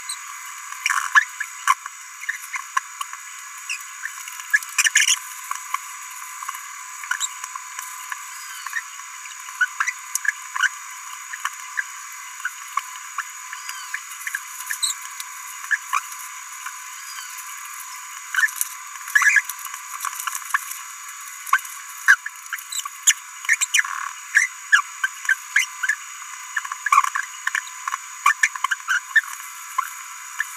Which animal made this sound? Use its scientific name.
Forpus passerinus